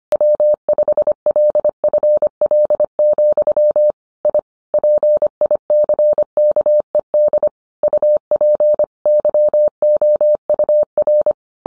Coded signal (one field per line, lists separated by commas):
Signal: Morse code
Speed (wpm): 25 wpm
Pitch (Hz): 600 Hz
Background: none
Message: W5LFL, I PICKED UP YOUR